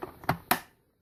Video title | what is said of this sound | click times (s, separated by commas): 52. The Proper Way To Clean A Canister Filter | it should just snap in like that | 0.5 s